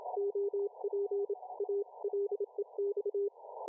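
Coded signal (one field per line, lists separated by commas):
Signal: Morse code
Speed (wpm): 27 wpm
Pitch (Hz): 400 Hz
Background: none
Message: OP ALEX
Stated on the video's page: 7X5FG on 40m CW, received in Denmark on an RFSpace Cloud-IQ remote receiver.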